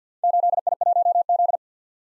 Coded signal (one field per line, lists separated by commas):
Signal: Morse code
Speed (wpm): 52 wpm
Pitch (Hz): 700 Hz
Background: none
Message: 8I1Z